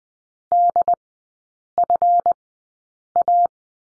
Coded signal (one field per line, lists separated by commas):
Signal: Morse code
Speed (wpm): 20 wpm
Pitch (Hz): 700 Hz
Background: none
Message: DFA